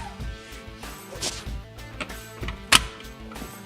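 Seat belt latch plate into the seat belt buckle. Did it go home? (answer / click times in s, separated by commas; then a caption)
yes / 2.8 s. During a pre-operation check of a YANMAR Bull Series UTV, the metal seat belt latch plate is inserted into the seat belt buckle to confirm it fits and engages, over steady background music. A softer tap at 2.5 s is followed by a sharp click at 2.8 s as the latch seats in the buckle.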